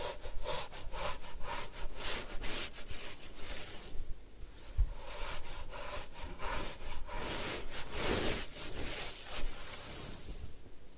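Hair being washed and massaged in a head spa, with quick, dense rubbing and scrubbing strokes that run almost without pause. The scratchy friction swells and thins in waves, easing briefly around four seconds, then building again near eight seconds.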